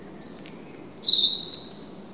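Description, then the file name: European robin singing a short phrase of pure, very high whistled notes that switch abruptly in pitch, ending in a longer, slightly trilled tone, over light steady background noise. "Erithacus rubecula"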